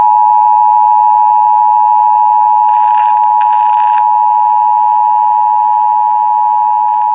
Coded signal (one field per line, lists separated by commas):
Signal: Emergency Alert System (SAME) tones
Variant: 853 and 960 Hz attention tone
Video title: (EAS #205) Flash Flood Warning (WBAP-AM)